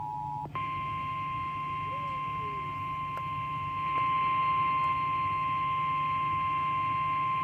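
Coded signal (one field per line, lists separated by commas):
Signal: Emergency Alert System (SAME) tones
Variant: 853 and 960 Hz attention tone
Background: speech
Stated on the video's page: Real EAS alerts caught during a severe weather event.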